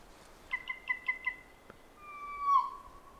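Kōkako song: a quick run of five pure pips followed by long, smooth, flute-like held notes, the last swelling louder.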